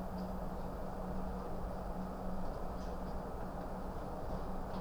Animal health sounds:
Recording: poultry house recording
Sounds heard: no chicken sound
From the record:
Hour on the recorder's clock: 21

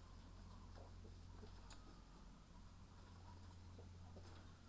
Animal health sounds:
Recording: poultry house recording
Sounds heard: healthy chickens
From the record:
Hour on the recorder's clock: 14

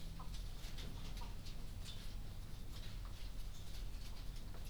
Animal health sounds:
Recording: poultry house recording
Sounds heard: sick chickens (respiratory disease)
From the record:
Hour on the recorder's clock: 23

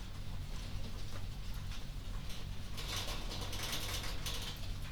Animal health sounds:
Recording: poultry house recording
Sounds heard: no chicken sound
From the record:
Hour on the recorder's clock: 0

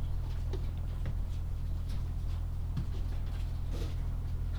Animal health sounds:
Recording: poultry house recording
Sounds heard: no chicken sound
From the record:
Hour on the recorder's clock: 17

